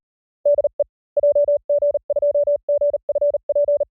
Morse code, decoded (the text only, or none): DE JG2GFP